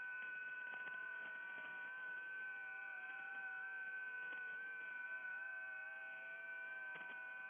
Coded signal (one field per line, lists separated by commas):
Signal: FT8